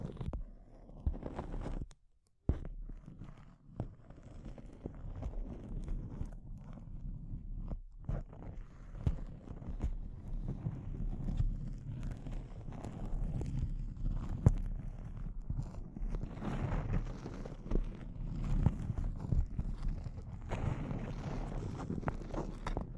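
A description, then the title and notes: Crinkling fills the clip with a dense, restless crackle, packed with short irregular bursts that rarely let up. The sound stays fairly even in loudness, heavy in the low and middle range, with a few brief silent gaps near two and eight seconds. ASMR Intense Close-Up Crinkles (No Talking).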